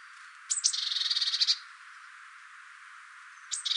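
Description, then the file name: Eurasian blue tit with a high thin note leading into a dry, buzzy churr lasting about a second, then another churr beginning at the end. "Cyanistes caeruleus"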